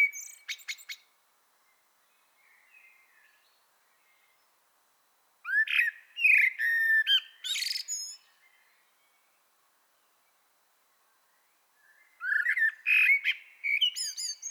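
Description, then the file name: Common blackbird singing: mellow, fluted low whistles that break into high, squeaky twittering, two phrases separated by long pauses, with a brief fragment at the start. "Turdus merula"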